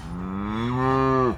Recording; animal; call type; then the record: contact call of a hoofed animal; cattle; low-frequency (closed-mouth) or high-frequency (open-mouth) call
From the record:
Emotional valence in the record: negative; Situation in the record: full separation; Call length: 1.38 s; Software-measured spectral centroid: 1210 Hz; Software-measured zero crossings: 1100 a second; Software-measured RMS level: -23 dBFS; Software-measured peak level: -10 dBFS